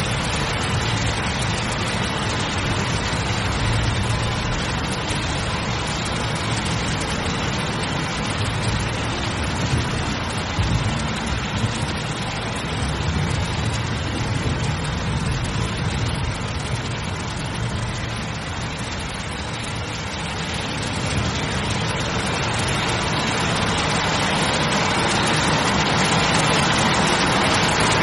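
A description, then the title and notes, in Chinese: Heavy rain pours in a dense, unbroken hiss at an even level, with a deep, steady rumble underneath throughout. 雷雨声 雨声。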